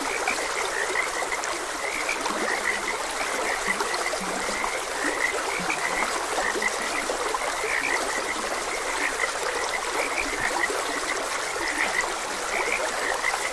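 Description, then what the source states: Frogs give a continuous croaking chorus of short notes, with deeper croaks now and then, over a steady stream. Frogs croaking beside a gentle stream.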